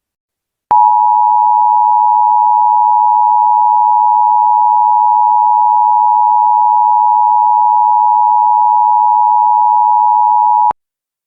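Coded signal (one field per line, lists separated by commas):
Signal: Emergency Alert System (SAME) tones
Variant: 853 and 960 Hz attention tone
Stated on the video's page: Fictional EAS scenario about a Valentine's Day virus, not a real alert.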